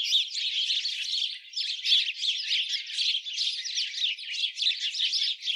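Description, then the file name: House sparrows in a steady, busy chorus of harsh overlapping chirps and chatter that swells and dips without a break. "Passer domesticus"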